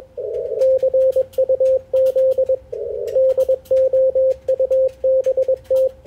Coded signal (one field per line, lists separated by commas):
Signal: Morse code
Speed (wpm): 21 wpm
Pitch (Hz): 530 Hz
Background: radio noise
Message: CUZ DOUBT